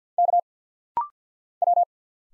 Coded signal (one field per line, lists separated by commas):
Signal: Morse code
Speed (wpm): 50 wpm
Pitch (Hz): 700 Hz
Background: none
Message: K W